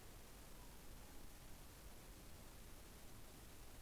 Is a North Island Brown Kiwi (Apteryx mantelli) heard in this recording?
no